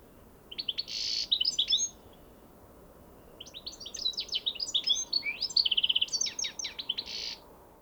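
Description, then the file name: European goldfinch with a burst of twittering that includes a wheezy buzz, a short pause, then a longer tinkling run with a rapid trill and a closing rasp. "Carduelis carduelis"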